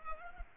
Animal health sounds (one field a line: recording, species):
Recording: mosquito wingbeat signal from an infrared sensor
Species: Culex pipiens